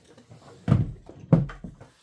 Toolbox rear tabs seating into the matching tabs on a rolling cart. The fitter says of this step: You lift it. Put the cart right in. just clicks right in.